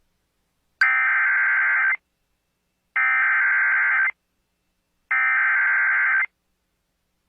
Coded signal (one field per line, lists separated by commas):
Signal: Emergency Alert System (SAME) tones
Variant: header bursts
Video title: Siouxland Wants Some More | EAS Alerts from 10/23/2022 (EAS #1501-1506)